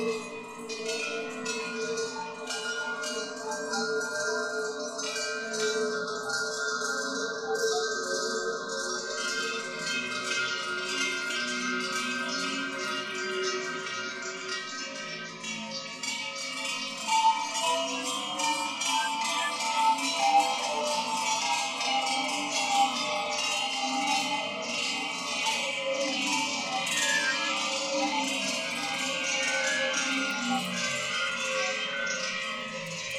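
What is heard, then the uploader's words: Cowbells clank continuously throughout, a dense, overlapping jangle of many bells ringing at once with no pauses. The metallic tones are bright and layered, with a steady level that swells slightly around the twentieth second before settling again. Cowbells.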